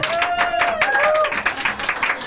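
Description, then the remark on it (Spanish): Steady audience applause for the Nasty Dog art collective, a dense patter of many hands clapping at full volume throughout, with a couple of sliding whistles rising above the crowd. “Un aplauso, por favor.”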